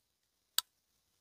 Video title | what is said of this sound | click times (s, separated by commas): KUBEY KU322 REVIEW BUDGET KNIFE OF THE YEAR?? | hear the detent right there. | 0.6 s